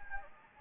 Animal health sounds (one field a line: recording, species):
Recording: mosquito wingbeat signal from an infrared sensor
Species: Anopheles gambiae